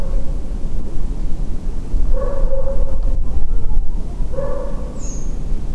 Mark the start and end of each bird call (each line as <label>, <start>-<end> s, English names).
Redwing, 4.95-5.18 s